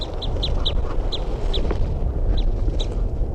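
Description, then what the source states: Crossbill calls, short high chip notes, about eight in three seconds, quick at first then more spaced out, with a steady low rumbling background. Wild female crossbill seen or heard near a caged crossbill.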